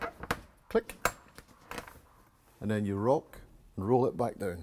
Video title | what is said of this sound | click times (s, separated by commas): Penelepe | so you left the bed up until you hear the bed click click | 0.3 s